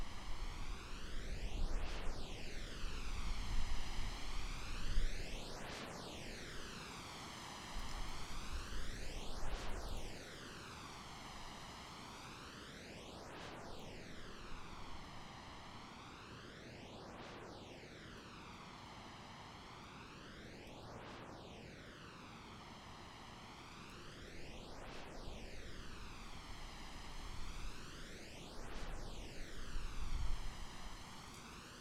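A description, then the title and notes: Steady forest wind rushes without pause, with a regular swooshing sweep rising and falling about every three seconds, like a jet passing. It is louder and rumbling low in the first ten seconds, settles quieter through the middle, then swells again near the end. 8D Forest Wind.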